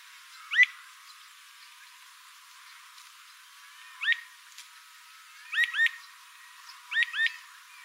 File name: Canto do mexeriqueira